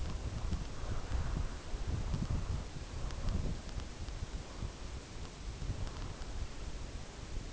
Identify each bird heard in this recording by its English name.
none